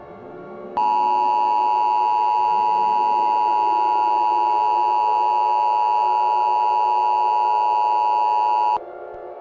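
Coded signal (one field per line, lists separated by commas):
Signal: Emergency Alert System (SAME) tones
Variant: 853 and 960 Hz attention tone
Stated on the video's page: Fictional EAS scenario.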